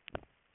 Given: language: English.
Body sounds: throat vibration sensor signal played as sound; swallow

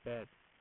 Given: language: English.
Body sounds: throat vibration sensor signal played as sound; speech

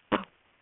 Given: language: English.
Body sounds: throat vibration sensor signal played as sound; cough

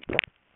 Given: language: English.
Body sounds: throat vibration sensor signal played as sound; swallow

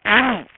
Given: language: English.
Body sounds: throat vibration sensor signal played as sound; throat clearing

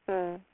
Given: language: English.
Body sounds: throat vibration sensor signal played as sound; speech

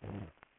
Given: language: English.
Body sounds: throat vibration sensor signal played as sound; throat clearing

